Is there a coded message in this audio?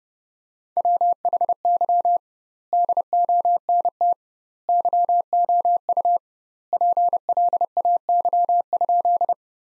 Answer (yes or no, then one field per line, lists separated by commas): yes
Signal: Morse code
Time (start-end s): 0.8-9.3 s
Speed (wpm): 30 wpm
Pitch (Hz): 700 Hz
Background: none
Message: WHY DONT YOU PLAY?